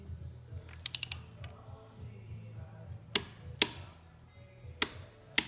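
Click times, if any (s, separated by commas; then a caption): 0.9 s, 3.2 s, 4.8 s, 5.4 s. A torque wrench with a socket tightens a spark plug, with a porcelain insulator and a crush washer, into an engine cylinder head until it reaches its set torque. A sharp click comes at 0.9 s, followed by two lighter ticks, and the wrench clicks again at 3.2 s, 4.8 s and 5.4 s, checking that the plug is torqued.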